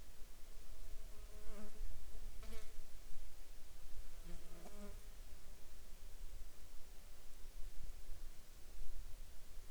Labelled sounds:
insects
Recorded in the Arctic National Wildlife Refuge, Alaska, on 30 July 2019 at 11:54
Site 35

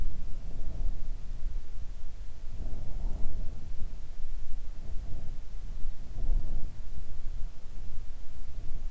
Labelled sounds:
wind
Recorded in the Arctic National Wildlife Refuge, Alaska, on 3 August 2019 at 05:01
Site 41

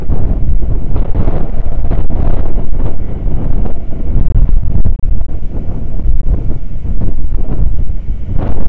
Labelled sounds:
wind
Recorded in the Prudhoe Bay oil fields, Alaska, on 9 August 2019 at 00:01
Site 29

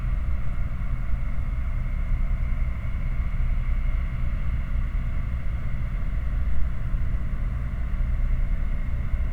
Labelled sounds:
machinery, flare stack
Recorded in the Prudhoe Bay oil fields, Alaska, on 11 August 2019 at 20:59
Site 29

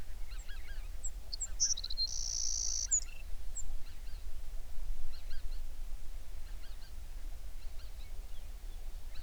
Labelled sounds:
songbird, waterfowl, seabird
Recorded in the Prudhoe Bay oil fields, Alaska, on 11 June 2019 at 04:41
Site 21

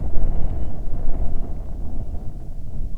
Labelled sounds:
bird, wind
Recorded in the Prudhoe Bay oil fields, Alaska, on 7 August 2019 at 14:13
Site 17

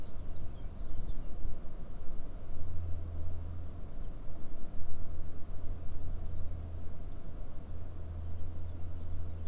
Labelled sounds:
songbird
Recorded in the Arctic National Wildlife Refuge, Alaska, on 21 May 2019 at 12:20
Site 38

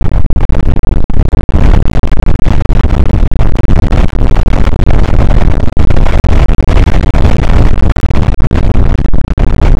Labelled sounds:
wind
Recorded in the Prudhoe Bay oil fields, Alaska, on 8 May 2019 at 00:05
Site 24

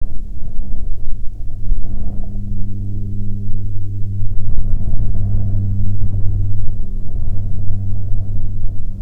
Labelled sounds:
wind, aircraft
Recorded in the Prudhoe Bay oil fields, Alaska, on 29 July 2019 at 17:07
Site 14

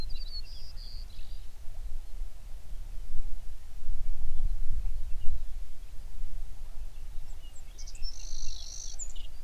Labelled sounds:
songbird
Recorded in the Prudhoe Bay oil fields, Alaska, on 11 June 2019 at 05:08
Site 21

